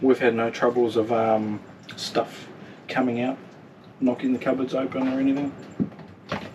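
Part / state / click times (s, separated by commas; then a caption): pull-out pantry drawer into caravan cabinet / seated / 6.3 s. Someone talks while a pull-out pantry drawer in a caravan kitchen cabinet is pushed closed. It latches shut with a sharp click at 6.3 seconds and locks into place so its contents stay in and don't knock the cupboards open.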